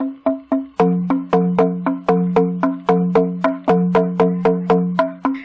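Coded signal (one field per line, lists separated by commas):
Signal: drum signal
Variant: Manguaré slit drum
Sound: about 20 resonant wooden slit-drum strokes alternating two low pitches, steady rhythm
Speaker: es del malware en las comunidades y amazónicas es una percusión ancestral que es la clave para la comunicación como una especie de código morse a partir del cual todos se van a entender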